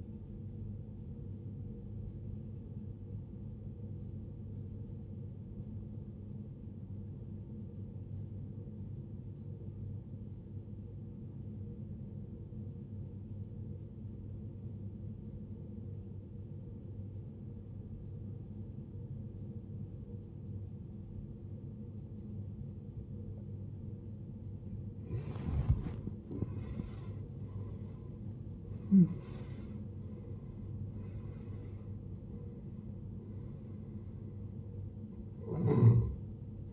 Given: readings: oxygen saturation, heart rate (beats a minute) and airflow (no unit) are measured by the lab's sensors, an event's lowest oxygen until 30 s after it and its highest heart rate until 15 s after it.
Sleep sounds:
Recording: breathing in sleep by a smartphone at the bedside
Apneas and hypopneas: 1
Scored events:
3.00-23.50 s: obstructive apnea (N2, oxygen 95% highest, then 77% lowest, heart rate 64 at the start, 79 highest)
22.00-36.73 s: new sleep stage, N1 (lightest sleep)
From the record:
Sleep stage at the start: N2 (light sleep)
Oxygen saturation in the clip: 79 to 95%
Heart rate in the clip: 58 to 79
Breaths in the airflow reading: 4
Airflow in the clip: -17.7 to 18.9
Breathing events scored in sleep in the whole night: 389 in 6.3 hours asleep

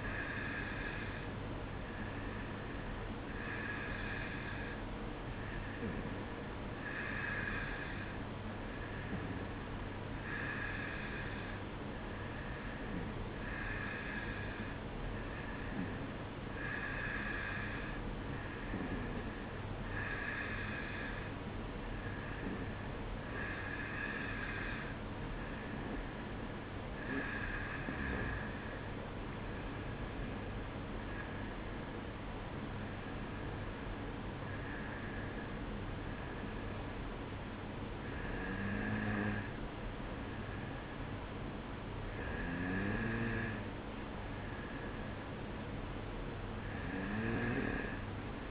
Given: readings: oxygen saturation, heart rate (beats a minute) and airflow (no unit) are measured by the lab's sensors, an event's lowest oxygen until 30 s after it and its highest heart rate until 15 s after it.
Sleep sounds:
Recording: breathing in sleep by a voice recorder at the bedside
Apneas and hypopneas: none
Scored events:
27.00-48.51 s: new sleep stage, N1 (lightest sleep)
From the record:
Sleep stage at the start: N2 (light sleep)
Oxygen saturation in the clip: 91 to 92%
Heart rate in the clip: 56 to 61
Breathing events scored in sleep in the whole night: 305 in 9.6 hours asleep

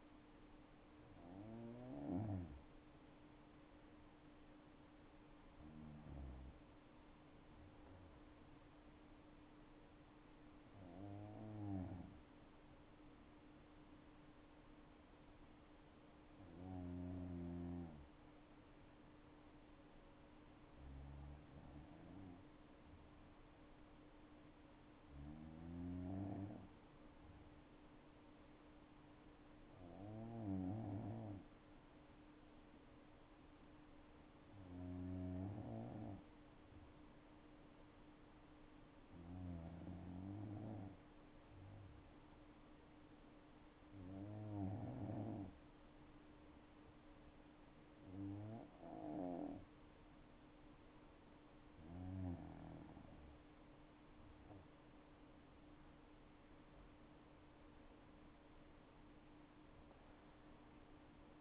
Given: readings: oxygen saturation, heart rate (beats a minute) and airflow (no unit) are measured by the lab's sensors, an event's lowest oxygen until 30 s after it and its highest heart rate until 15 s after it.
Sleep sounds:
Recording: breathing in sleep by a voice recorder at the bedside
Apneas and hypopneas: 1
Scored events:
15.00-49.00 s: hypopnea (N2, oxygen 95% highest, then 92% lowest, heart rate 67 at the start, 74 highest)
From the record:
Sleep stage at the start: N2 (light sleep)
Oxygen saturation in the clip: 93 to 95%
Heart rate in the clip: 61 to 74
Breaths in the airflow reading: 13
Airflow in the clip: -7.7 to 10.9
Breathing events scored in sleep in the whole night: 228 in 5.4 hours asleep

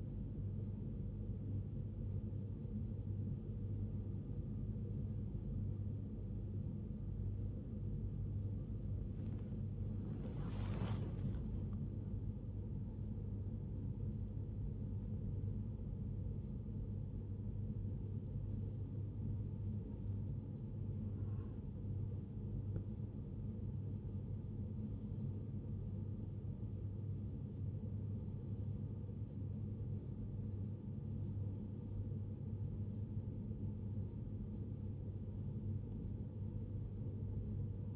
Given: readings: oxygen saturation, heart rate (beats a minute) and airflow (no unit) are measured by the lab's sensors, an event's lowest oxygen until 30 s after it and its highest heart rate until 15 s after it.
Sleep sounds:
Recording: breathing in sleep by a smartphone at the bedside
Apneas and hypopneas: none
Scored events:
none scored
From the record:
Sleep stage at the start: N1 (lightest sleep)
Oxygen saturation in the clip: 83 to 91%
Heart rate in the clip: 63 to 83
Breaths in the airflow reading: 12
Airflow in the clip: -12.0 to 10.9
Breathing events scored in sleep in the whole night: 103 in 8.4 hours asleep

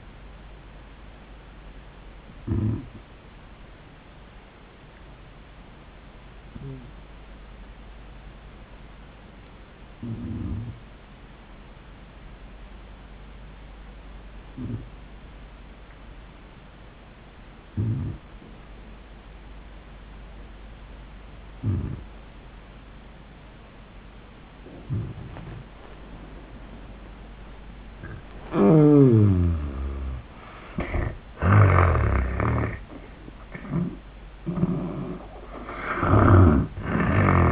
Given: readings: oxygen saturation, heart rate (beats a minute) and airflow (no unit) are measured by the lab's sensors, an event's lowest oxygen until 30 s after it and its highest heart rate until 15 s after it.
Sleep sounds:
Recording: breathing in sleep by a voice recorder at the bedside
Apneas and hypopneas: 1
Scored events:
3.00-29.40 s: hypopnea (N1, oxygen 96% highest, then 82% lowest, heart rate 81 at the start, 93 highest)
From the record:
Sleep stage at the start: N1 (lightest sleep)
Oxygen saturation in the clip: 83 to 96%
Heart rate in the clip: 74 to 91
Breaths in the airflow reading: 3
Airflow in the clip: -32.4 to 25.8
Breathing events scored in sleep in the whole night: 400 in 8.7 hours asleep

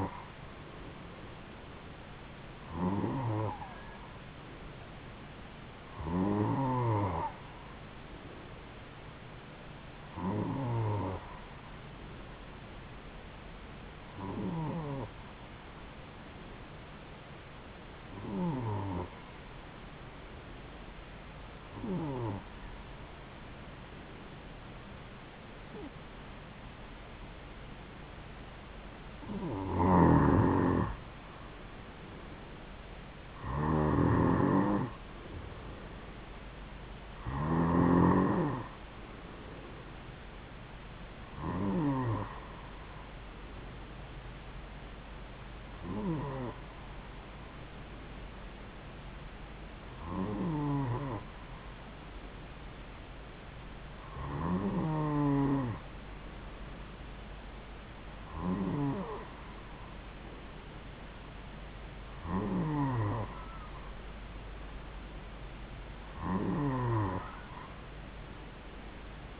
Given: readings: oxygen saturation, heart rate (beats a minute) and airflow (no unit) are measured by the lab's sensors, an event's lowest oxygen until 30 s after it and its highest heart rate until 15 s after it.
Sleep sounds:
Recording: breathing in sleep by a voice recorder at the bedside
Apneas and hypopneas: none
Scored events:
none scored
From the record:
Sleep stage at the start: N2 (light sleep)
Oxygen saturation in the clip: 91 to 94%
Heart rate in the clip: 66 to 74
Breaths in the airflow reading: 18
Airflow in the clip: -5.5 to 3.8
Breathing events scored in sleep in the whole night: 270 in 6.1 hours asleep

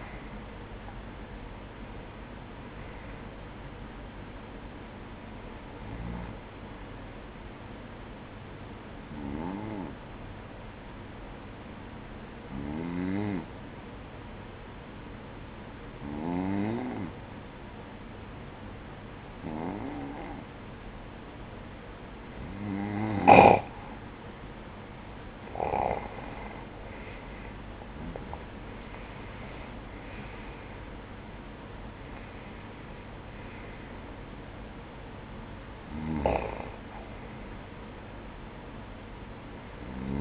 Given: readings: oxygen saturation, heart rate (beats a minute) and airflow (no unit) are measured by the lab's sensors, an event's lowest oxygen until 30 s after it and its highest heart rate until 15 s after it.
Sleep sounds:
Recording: breathing in sleep by a voice recorder at the bedside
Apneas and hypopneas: 1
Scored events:
4.00-26.30 s: hypopnea (N2, oxygen 96% highest, then 92% lowest, heart rate 78 at the start, 78 highest)
9.00-40.21 s: new sleep stage, N1 (lightest sleep)
From the record:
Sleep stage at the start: N2 (light sleep)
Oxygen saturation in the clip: 93 to 96%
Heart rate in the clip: 57 to 78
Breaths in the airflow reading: 11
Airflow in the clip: -13.5 to 10.7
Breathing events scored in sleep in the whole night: 180 in 6.7 hours asleep

